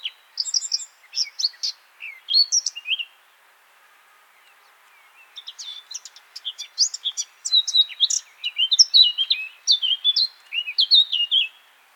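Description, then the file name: Eurasian blackcap song in two bursts: a brief warble of quick notes, a pause of about two seconds, then a longer rapid warble with fluty phrases. "Sylvia atricapilla"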